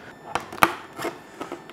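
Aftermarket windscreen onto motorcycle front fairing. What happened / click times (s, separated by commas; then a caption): The plastic screen snapped into place / 0.6 s. An aftermarket plastic windscreen is test-fitted onto the front fairing of a Honda VFR800 V4 motorcycle, with a few light knocks and rubbing of plastic against the fairing. A sharp, loud knock at 0.6 s is the screen popping into place as it is pulled forward, and a faint tap follows near the end. The windscreen is seated.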